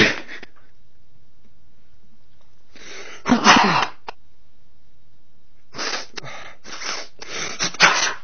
Sneeze.